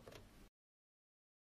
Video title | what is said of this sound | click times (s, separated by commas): Robot piscine électrique Pentair BLUESTORM - Choix des Modes | On insère la fiche dans le connecteur jusqu'à entendre le clac comme ceci. | 0.1 s, 0.2 s